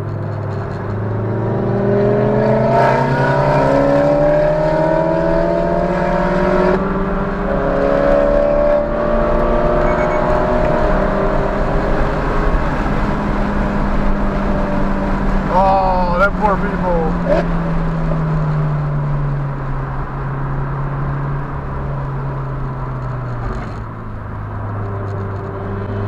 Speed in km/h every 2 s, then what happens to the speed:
68, 85, 98, 116, 130, 142, 142, 132, 114, 95, 95, 71, 71.
0-10 speeds up to 142. 10-22 brakes to 71.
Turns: 22-26.